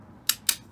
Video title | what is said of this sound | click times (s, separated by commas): How to change the transmission fluid in a Mercedes-Benz 722.9 7G-Tronic transmission for just £155 | then you have two magnets the magnets fit on the front of the song just clip into place | 0.3 s, 0.5 s